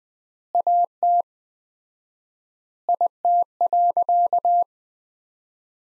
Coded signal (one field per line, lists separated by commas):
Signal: Morse code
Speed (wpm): 20 wpm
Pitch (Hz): 700 Hz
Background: none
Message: AT IT.